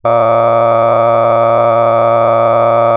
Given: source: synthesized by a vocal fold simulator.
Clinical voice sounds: sustained vowel; male; cycle-to-cycle stiffness perturbation (roughness), level 9 of 10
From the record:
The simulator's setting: 5.63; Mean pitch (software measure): 115 Hz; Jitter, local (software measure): 2.80%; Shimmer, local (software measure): 10.5%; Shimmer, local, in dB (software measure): 0.74 dB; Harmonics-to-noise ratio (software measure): 10.8 dB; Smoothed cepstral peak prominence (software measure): 17.1 dB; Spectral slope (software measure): -16.9 dB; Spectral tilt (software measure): -12.1 dB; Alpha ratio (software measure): -7.3 dB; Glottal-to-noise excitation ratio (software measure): 0.992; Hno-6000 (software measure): 2.4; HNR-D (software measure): 21.4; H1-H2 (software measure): 4.9 dB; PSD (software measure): 1.9e-04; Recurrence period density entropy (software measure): 0.104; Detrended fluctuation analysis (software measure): 0.0557

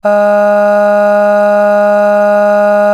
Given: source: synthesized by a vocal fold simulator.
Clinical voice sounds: sustained vowel; female; aspiration noise (breathiness), level 5 of 10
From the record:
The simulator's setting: 0.82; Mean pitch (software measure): 206 Hz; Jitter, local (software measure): 0.33%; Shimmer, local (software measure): 3.5%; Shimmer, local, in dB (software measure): 0.31 dB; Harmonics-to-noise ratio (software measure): 24.3 dB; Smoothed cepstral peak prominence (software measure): 16.0 dB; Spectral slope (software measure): -21.8 dB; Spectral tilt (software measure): -7.8 dB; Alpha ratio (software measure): -12.3 dB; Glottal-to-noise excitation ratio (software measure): 0.934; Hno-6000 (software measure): 2.1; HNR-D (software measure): 38.7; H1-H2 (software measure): 9.5 dB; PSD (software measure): 1.5e-05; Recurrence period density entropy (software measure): 0.121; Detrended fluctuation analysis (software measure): 0.0274

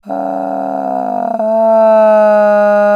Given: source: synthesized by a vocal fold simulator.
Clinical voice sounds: sustained vowel; female; asymmetry, level 12 of 51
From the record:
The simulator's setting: 2.10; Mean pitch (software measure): 167 Hz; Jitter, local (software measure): 1.45%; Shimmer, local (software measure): 3.1%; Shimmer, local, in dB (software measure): 0.46 dB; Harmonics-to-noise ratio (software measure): 20.5 dB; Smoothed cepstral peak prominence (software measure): 13.3 dB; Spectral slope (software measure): -25.3 dB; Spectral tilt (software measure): -11.6 dB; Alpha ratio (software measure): -15.8 dB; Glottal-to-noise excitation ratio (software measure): 0.942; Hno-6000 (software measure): 2.4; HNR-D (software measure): 31.1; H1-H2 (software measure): 2.4 dB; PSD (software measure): 2.6e-03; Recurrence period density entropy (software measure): 0.109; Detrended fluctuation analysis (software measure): 0.0306

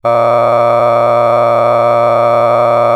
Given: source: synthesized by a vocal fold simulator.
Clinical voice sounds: sustained vowel; male; a random mix of aspiration noise, stiffness perturbation and strain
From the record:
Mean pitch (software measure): 118 Hz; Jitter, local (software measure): 3.09%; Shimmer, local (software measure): 8.9%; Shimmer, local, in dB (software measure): 0.69 dB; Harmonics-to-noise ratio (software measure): 10.5 dB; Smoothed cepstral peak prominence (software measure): 16.1 dB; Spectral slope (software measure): -16.5 dB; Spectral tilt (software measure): -11.9 dB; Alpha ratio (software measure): -7.0 dB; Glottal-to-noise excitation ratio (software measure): 0.985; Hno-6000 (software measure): 2.2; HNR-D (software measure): 22.2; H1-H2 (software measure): 4.2 dB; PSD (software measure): 2.1e-04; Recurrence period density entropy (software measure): 0.107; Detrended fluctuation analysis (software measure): 0.0454

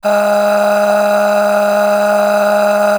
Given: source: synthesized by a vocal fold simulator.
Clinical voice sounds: sustained vowel; female; aspiration noise (breathiness), level 10 of 10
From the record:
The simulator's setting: 4.64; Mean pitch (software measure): 206 Hz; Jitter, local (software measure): 1.75%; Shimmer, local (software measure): 17.6%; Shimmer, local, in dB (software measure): 1.55 dB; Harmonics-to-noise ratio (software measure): 9.7 dB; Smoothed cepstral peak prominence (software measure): 9.8 dB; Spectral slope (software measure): -19.3 dB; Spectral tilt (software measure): -7.2 dB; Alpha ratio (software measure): -9.9 dB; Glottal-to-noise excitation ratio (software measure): 0.644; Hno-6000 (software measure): 1.7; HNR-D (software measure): 34.0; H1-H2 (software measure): 7.5 dB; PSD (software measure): 6.7e-05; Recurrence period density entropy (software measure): 0.136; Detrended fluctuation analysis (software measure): 0.0280

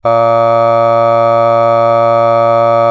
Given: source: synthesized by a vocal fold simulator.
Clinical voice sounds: sustained vowel; male; aspiration noise (breathiness), level 4 of 10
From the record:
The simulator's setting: 0.52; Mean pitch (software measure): 115 Hz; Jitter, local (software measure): 0.26%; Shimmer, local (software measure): 1.8%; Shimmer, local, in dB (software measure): 0.15 dB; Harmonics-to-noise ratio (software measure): 27.0 dB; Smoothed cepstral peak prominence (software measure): 20.9 dB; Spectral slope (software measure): -17.2 dB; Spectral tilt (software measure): -9.3 dB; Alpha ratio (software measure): -7.6 dB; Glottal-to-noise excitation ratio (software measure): 0.990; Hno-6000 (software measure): 2.4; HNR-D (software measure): 23.9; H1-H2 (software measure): 4.9 dB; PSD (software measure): 2.4e-05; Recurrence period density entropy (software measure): 0.110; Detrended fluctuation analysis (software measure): 0.0543

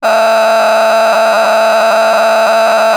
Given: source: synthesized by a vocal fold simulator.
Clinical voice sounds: sustained vowel; female; a random mix of aspiration noise, stiffness perturbation and strain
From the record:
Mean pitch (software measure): 221 Hz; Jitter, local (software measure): 4.10%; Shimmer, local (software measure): 7.4%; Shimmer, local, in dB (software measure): 0.67 dB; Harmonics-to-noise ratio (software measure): 7.7 dB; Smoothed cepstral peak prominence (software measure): 10.5 dB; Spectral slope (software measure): -16.1 dB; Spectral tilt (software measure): -8.7 dB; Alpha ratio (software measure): -6.6 dB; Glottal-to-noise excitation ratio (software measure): 0.911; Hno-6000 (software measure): 1.6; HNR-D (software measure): 28.3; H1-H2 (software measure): -0.8 dB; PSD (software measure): 9.7e-04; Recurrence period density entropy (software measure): 0.129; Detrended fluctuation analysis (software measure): 0.0108

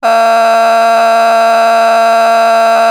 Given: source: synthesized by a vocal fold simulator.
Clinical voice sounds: sustained vowel; female; a random mix of aspiration noise, stiffness perturbation and strain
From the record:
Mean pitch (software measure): 228 Hz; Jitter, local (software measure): 0.59%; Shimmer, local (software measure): 3.9%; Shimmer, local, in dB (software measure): 0.20 dB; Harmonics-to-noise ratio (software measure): 15.7 dB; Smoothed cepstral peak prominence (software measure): 13.6 dB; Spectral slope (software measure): -17.4 dB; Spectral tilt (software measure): -7.8 dB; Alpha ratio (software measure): -7.9 dB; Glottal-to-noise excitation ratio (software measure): 0.941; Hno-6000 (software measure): 1.7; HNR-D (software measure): 29.4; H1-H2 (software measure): -6.9 dB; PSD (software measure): 1.4e-03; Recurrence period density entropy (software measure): 0.118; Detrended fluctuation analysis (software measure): 0.0089

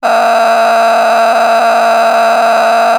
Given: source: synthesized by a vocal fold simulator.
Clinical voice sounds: sustained vowel; female; a random mix of aspiration noise, stiffness perturbation and strain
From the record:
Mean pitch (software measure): 229 Hz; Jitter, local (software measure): 3.90%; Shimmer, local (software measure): 10.6%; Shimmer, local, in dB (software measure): 1.11 dB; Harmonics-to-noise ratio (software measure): 7.8 dB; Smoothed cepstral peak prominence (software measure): 9.5 dB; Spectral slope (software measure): -16.8 dB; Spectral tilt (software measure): -9.3 dB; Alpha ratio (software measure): -7.3 dB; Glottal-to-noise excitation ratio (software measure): 0.899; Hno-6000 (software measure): 1.7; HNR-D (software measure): 28.7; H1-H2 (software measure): -1.0 dB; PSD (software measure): 1.6e-03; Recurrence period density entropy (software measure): 0.128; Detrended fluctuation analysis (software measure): 0.0112

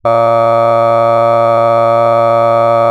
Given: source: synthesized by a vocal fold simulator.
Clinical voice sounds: sustained vowel; male; cycle-to-cycle stiffness perturbation (roughness), level 4 of 10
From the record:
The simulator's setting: 2.05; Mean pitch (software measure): 115 Hz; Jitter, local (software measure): 1.07%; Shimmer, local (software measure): 4.2%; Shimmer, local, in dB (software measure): 0.36 dB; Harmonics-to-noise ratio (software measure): 18.5 dB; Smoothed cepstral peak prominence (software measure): 20.9 dB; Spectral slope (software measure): -17.1 dB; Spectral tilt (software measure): -11.2 dB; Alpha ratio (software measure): -7.6 dB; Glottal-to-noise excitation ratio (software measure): 0.995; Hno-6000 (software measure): 2.3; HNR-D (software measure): 23.4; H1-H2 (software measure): 5.0 dB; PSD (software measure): 7.5e-05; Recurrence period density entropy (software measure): 0.108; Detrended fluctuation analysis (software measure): 0.0550

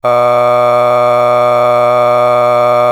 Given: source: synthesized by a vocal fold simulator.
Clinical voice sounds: sustained vowel; male; a random mix of aspiration noise, stiffness perturbation and strain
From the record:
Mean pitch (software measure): 122 Hz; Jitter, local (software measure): 0.95%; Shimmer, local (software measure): 4.0%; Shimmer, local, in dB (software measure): 0.34 dB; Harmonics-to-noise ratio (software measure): 17.1 dB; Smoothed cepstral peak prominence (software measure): 18.1 dB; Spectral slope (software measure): -15.4 dB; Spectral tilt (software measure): -10.0 dB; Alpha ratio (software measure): -5.9 dB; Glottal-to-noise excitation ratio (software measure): 0.963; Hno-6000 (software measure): 2.1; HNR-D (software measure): 26.6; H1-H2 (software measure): 2.3 dB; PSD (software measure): 7.7e-05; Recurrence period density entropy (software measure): 0.111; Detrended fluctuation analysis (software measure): 0.0318

